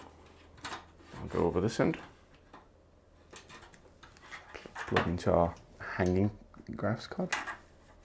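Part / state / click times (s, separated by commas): graphics card power cable into GPU power socket / not seated / none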